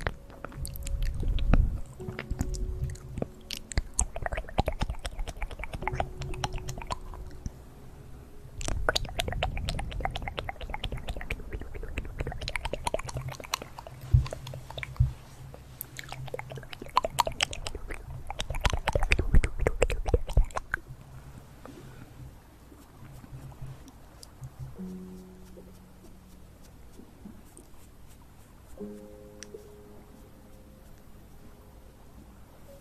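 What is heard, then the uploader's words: Fast mouth sounds: rapid clicks, smacks and chewing-like noises come in dense bursts for the first twenty seconds, with brief pauses near 8 and 13 seconds. After about 21 seconds it turns much quieter, leaving a soft hiss and a few faint low hums and tones. Fastest Mouth Sounds.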